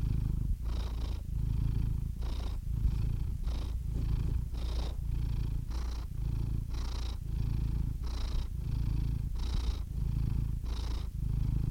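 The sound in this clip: Domestic cat purring steadily, a low rumbling drone that swells and fades with each breath, with soft airy bursts at each breath change.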